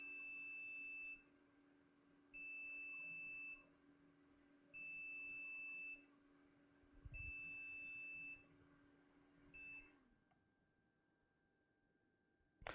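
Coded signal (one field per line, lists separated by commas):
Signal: beep code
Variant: Gigabyte motherboard POST beeps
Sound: about five long shrill beeps with short gaps, the last one cut short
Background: low electrical hum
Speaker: SK gaming says the five beeps is processor failure troubleshoot CPU and motherboard that is com that may be what gigabyte says as a generic explanation for five beeps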